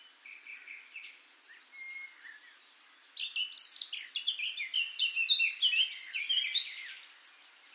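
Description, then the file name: Eurasian blackcap song: a couple of soft drawn-out notes, then a lively, rapid warble of high, varied phrases. "Sylvia atricapilla"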